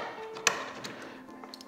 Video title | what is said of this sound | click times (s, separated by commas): 2024 Unboxing/Install/ & Field Test Review of the Bixpy K-1 Angler Pro Outboard Kit with 768 battery | to snap into the place | 0.5 s